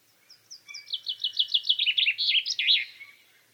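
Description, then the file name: Common chaffinch song: a series of high, falling notes ending in a twisting flourish. "Fringilla coelebs"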